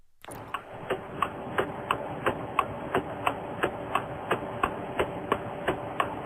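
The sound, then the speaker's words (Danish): A Citroën Berlingo's turn signal ticks in a steady, even rhythm, about a dozen and a half crisp clicks over a low constant hum, with no voices. “Her er blinklys nummer 2.”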